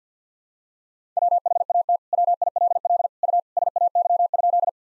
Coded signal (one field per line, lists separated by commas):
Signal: Morse code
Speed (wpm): 50 wpm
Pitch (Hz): 700 Hz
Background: none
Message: WHAT WILL U SAY?